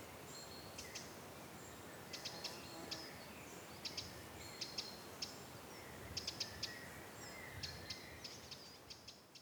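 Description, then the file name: Eurasian wren calling with hard, clicking ticks in short irregular bursts, over a soft background hiss and faint whistled notes. "Troglodytes troglodytes"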